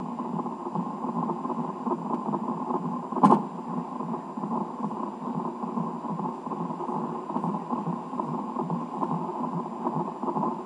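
A steady, muffled whooshing with fast, faint rhythmic pulsing runs throughout: a baby's heartbeat picked up by fetal Doppler at Heath Hospital. A single brief click sounds a little after the third second. The rate cannot be counted reliably.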